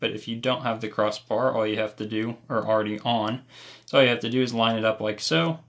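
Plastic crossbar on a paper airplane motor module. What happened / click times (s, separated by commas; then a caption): The part is being handled but has not seated yet / none. A plastic crossbar is being lined up on the electric motor module of a remote-controlled paper airplane, ready to be twisted until it snaps into place. Someone talks throughout, with only faint handling sounds. Nothing has seated or clicked yet.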